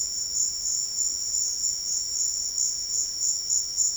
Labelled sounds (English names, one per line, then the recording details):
none
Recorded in secondary vegetation near Puerto Asís, Putumayo, Colombia, on 12 March 2025 at 13:30
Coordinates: 0.488, -76.319
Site G095